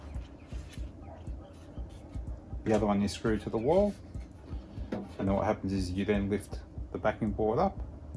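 A backing board for a Nerf gun rack is being lifted so its French cleat can drop onto the matching cleat screwed to the wall, while someone talks throughout over faint background music. A brief knock-like sound occurs at 4.9 s, but the clip ends before the board goes home, so nothing has seated or locked in place yet.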